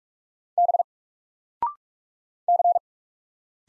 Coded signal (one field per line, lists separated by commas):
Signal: Morse code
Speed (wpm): 44 wpm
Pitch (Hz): 700 Hz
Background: none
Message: B C